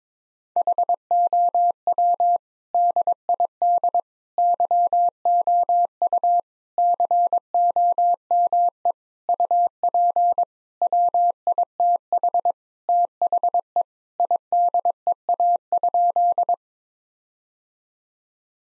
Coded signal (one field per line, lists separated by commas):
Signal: Morse code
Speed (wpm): 22 wpm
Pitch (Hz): 700 Hz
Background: none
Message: HOW DID YOU COME UP WITH THE IDEA?